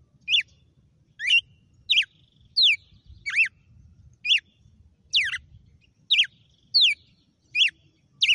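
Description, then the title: Red-cowled cardinal singing a steady series of about eleven short, bright, downslurred whistles, roughly one every three-quarters of a second, over faint low hum. Female bird named Fenrir; the source calls its song today 'açoite'. "GALO DE CAMPINA FENRIR"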